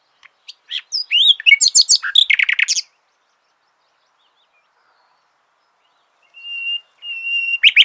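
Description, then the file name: Common nightingale song: a burst of varied whistles and swooping notes, then a fast run of rattling clicks, a long pause, two pure flat whistles and another rapid phrase. "Luscinia megarhynchos"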